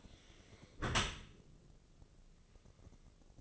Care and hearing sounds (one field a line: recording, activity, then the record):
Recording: daily activity, microphone in the room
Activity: close dishwasher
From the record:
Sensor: 4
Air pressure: 1013.2 hPa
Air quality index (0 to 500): 174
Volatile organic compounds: 2 ppm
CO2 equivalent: 1096 ppm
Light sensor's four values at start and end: 70/174/72/73 and 71/175/72/74